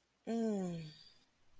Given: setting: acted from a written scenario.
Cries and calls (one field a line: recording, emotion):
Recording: vocal sound without words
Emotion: contentment